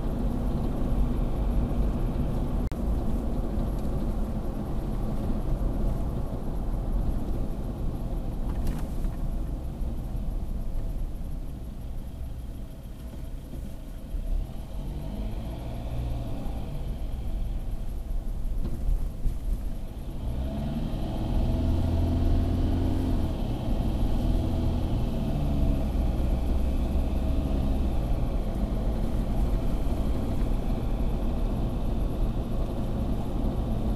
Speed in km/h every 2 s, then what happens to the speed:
61, 57, 53, 45, 33, 20, 12, 15, 18, 18, 27, 36, 44, 50, 53, 55, 56.
0-12 brakes to 12. 12-34 speeds up to 56.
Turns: none.